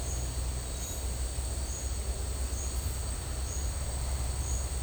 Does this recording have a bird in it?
no